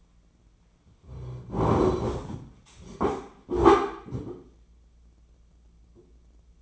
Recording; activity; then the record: daily activity, microphone in the room; sit down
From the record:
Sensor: 1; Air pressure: 996.0 hPa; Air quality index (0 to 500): 237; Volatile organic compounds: 1000 ppm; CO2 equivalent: 6913 ppm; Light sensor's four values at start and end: 34/85/36/44 and 35/88/37/45